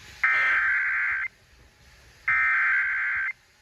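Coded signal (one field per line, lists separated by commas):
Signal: Emergency Alert System (SAME) tones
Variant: header bursts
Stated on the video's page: Real EAS alerts from a severe weather day, including relays from Missoula, Butte and Great Falls.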